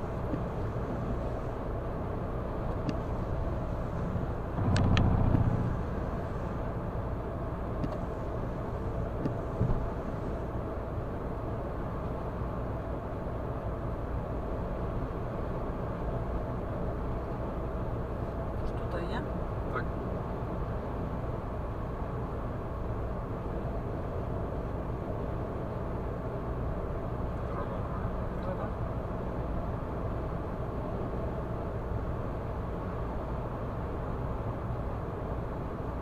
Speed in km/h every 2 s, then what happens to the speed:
105, 105, 106, 106, 106, 106, 106, 106, 105, 105, 105, 105, 106, 106, 106, 106, 105, 105.
0-36 steady at about 106.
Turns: none.